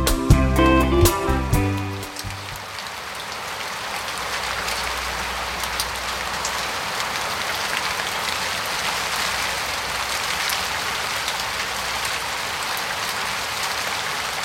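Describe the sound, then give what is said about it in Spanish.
A few seconds of bright musical tones give way to steady rain falling on a balcony, a dense, even hiss of patter that stays constant and moderately loud with no voices. “Entreabro los ojos y todavía entre sueños la escucho. La lluvia ha vuelto a mi balcón.”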